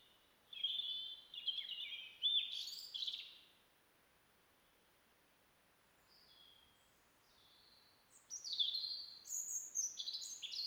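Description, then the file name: European robin song, high liquid warbling phrases with quick up-and-down notes, a pause of several seconds, then another bright, very high tinkling phrase. "Erithacus rubecula"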